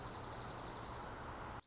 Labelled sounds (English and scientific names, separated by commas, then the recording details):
Dark-eyed Junco (Junco hyemalis)
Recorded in Sonoma County, California